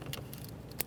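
The vapor canister purge solenoid valve on a 2013-2020 Ford Fusion 2.0L L4 is pressed onto the EVAP vapor line, with its green plastic quick-connect locking tab about to be pushed in. Plastic handling noises are heard, with brief sharp ticks near 0.1 s and 0.8 s. Nothing has seated or clicked yet.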